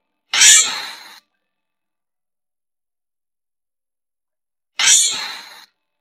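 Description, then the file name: Giant flying squirrel calls: two rough, hissing shrieks about four seconds apart, each fading as it ends, with silence around them. Calling to gather its group. "tieng soc bay trau soc bay lon keu goi bay dan"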